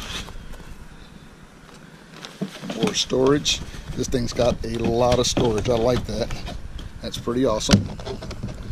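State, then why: Not seated. A plastic hatch cover is handled over a kayak's storage opening while someone talks, with a few short knocks and scrapes from the cover. The clip ends just before the cover goes home, and nothing has locked in place yet.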